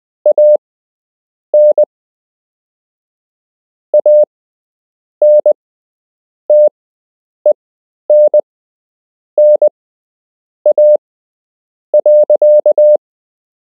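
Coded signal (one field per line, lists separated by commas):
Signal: Morse code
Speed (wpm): 20 wpm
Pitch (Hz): 600 Hz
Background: none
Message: AN ANTENNA.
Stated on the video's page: Beginner Morse code lesson with real Morse to learn, part 6 of 8.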